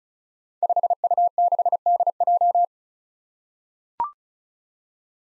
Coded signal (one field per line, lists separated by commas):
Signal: Morse code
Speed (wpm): 36 wpm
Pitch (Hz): 700 Hz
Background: none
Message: 5U6DJ